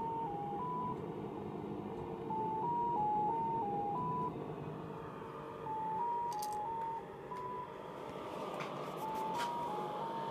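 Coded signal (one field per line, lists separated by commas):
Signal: numbers station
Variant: X06 Mazielka polytone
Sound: short bursts of six stepped musical tones around 900 Hz, repeated in groups over hiss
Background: radio static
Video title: SW DX - X06 Mazielka Numbers Station, received in Sofia, Bulgaria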